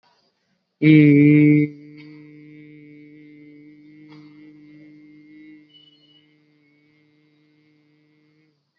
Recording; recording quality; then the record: sustained vowel as in beet; excellent, no background noise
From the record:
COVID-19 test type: RT-PCR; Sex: male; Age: 28 years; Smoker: no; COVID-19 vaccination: both doses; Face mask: worn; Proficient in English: yes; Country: India